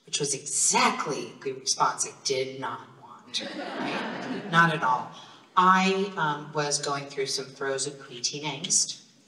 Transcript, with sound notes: which was exactly the response it did not want. (laughter) Not at all I was going through some frozen creatine angst.